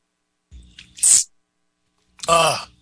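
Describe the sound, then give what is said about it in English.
A soft low gulp and a quick hiss of sipping water, then after a short pause a loud, rough throat clearing with a raspy, voiced edge. No one speaks. “Let me take another sip of water and clear my throat, guys.”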